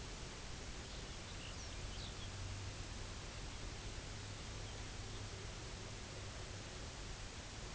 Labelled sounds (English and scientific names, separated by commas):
Lapland Longspur (Calcarius lapponicus), unidentified sound, Pectoral Sandpiper (Calidris melanotos)